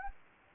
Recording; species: mosquito wingbeat signal from an infrared sensor; Anopheles gambiae